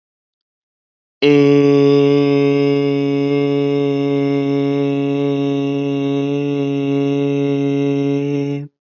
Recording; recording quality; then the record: sustained vowel as in made; excellent, no background noise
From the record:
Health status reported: healthy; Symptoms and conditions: hypertension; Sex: male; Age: 29 years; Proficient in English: yes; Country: India